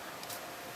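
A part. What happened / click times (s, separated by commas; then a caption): The metal tool lock snapped free / 0.2 s. The lock release on a metal Victorinox SwissTool Spirit multi-tool is pulled back to disengage the folding tool lock, giving a soft click at 0.2 seconds over a steady hiss. The blade lock is released.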